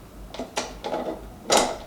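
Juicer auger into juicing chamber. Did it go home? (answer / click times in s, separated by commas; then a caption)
yes / 0.6 s. A plastic ball-shaped part, the juicer auger, is spun around inside the juicing chamber, giving a few short scraping, rattling knocks. It drops and snaps into place at 0.6 s, and a louder rustling clatter follows near 1.5 s.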